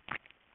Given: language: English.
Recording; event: throat vibration sensor signal played as sound; swallow